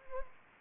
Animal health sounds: mosquito wingbeat signal from an infrared sensor; Anopheles gambiae

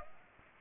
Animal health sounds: mosquito wingbeat signal from an infrared sensor; Aedes aegypti

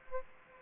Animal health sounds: mosquito wingbeat signal from an infrared sensor; Aedes aegypti

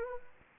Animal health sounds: mosquito wingbeat signal from an infrared sensor; Anopheles gambiae

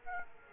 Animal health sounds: mosquito wingbeat signal from an infrared sensor; Aedes aegypti

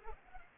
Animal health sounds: mosquito wingbeat signal from an infrared sensor; Culex pipiens

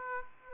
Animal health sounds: mosquito wingbeat signal from an infrared sensor; Aedes aegypti

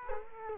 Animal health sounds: mosquito wingbeat signal from an infrared sensor; Culex quinquefasciatus

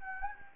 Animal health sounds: mosquito wingbeat signal from an infrared sensor; Anopheles gambiae

